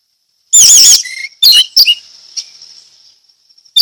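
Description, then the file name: Orange-headed thrush song: a very loud, wavering burst, then a few clipped high notes and a fading thin whistle. Song described as loud and clear ('ngeplong'). "suara anis merah ngeplong teler"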